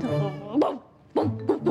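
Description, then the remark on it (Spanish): A person imitates a dog with their voice: a drawn-out, wavering yelp followed by three short, punchy barks after a brief pause, loud and harmonic. “Ahora haz como un perro.”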